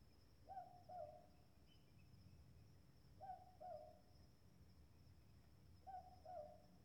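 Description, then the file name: Southern boobook giving three paired hoots, 'boo-book', each pair about two and a half seconds apart, with a thin high insect tone and low background rumble. "Boobook Owl Mopoke"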